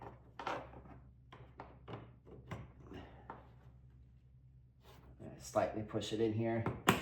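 An intake housing part for an Audi RS5 (B9.5/9) is pushed in by hand into its mount in the engine bay while someone talks, with short handling knocks around 0.4, 1.6, 2.5 and 3.3 seconds and louder rustling near the end. The part is only being handled and is not yet home; nothing has seated or clicked yet.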